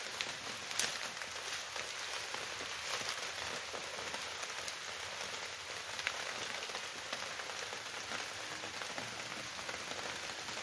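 Rain falls steadily on open countryside, a dense, even patter with bright ticking drops and one sharper tap near the first second.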